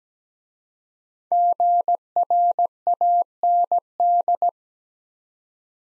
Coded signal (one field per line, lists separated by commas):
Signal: Morse code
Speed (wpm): 17 wpm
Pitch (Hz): 700 Hz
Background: none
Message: GRAND